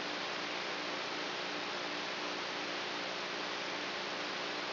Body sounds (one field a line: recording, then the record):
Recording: brain microelectrode recording played as sound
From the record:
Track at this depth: outside the subthalamic nucleus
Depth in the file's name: 1.406 mm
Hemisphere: right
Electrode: 3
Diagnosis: Parkinson's disease